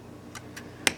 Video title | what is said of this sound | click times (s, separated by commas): iPhone 5 Charging Port Replacement How To Change | so then you'll want to do the this middle one next and you can just feel them snap in | 0.9 s